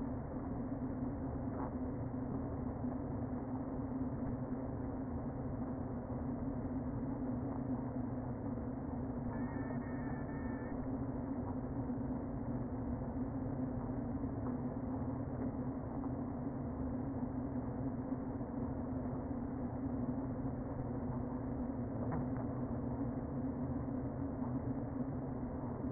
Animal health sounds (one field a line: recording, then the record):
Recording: honeybee colony, microphone inside the hive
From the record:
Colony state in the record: queen present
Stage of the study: before two queens were removed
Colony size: about 60,000 bees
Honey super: yes